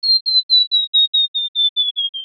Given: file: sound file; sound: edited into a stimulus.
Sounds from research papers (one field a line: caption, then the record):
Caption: Second half of the song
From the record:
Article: Singing in the Rain Forest: How a Tropical Bird Song Transfers Information